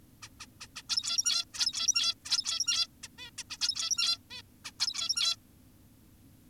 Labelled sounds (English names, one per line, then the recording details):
Zebra Finch
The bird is an adult
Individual g17y2U